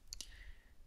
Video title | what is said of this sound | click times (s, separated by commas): Dog House for BeagleBoard xM Video Assembly Guide HD | and it almost snaps into place | 0.1 s, 0.2 s